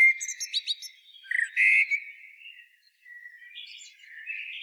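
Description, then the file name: Common blackbird song: a burst of high, thin twittering notes, then mellow fluted whistles that dip and rise, with a softer warbled phrase near the end. "Turdus merula"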